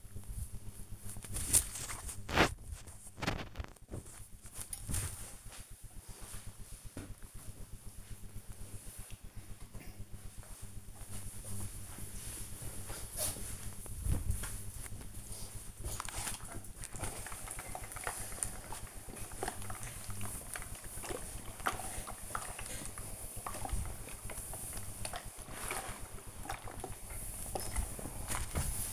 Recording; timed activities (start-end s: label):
household activities, microphone on the right wrist
0.00-6.95 s: folding laundry
8.96-28.93 s: ironing laundry